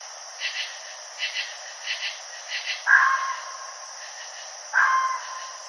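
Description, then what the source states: Red fox calls, two short harsh harmonic cries about two seconds apart, after a background of paired high chirping pulses repeating through the first half. Recorded on 29 June 2012.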